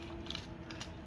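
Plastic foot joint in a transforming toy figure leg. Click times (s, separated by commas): 0.3 s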